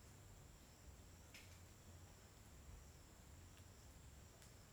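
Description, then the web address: Crickets produce a constant high buzzing trill, with a few faint clicks and a low background hum. Daytime ambience on a riverbank in the forest, with steady, uniform crickets, in Tocantins. "Ambiente na beira do rio na mata com passaros e grilos homogeneos dia. local tocantins"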